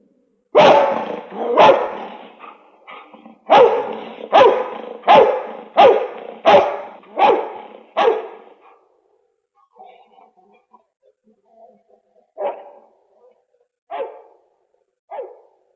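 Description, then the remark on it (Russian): A dog barks loudly in a quick, steady run of about ten sharp barks, goes quiet with faint low sounds, then gives three more spaced-out barks. “Собаку возьми.”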